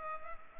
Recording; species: mosquito wingbeat signal from an infrared sensor; Culex pipiens